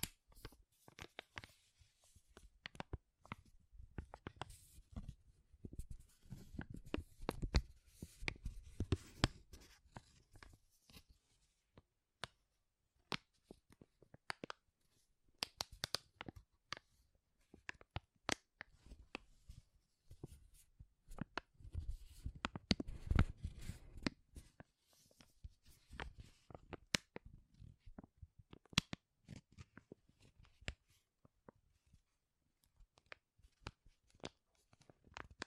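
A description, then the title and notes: Dense crinkling fills the clip with sharp, bright crackles in quick irregular bursts. Heavier handling with a low rumble comes around 5–10 seconds and again near 23 seconds, while a few brief pauses break up the steady rustle. ASMR Powerful Crinkles to Make You Tingle (No Talking).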